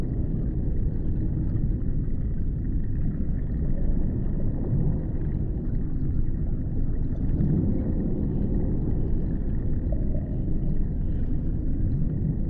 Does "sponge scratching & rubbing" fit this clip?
no